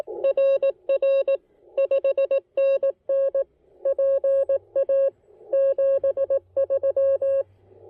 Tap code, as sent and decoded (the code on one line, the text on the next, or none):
none